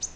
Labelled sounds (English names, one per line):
Virginia's Warbler flight call